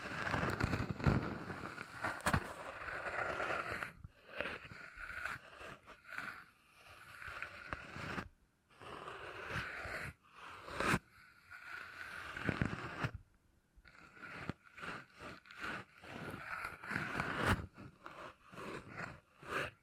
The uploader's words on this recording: ASMR 20 Brain Tingly Sounds Using Beeswax (No Talking).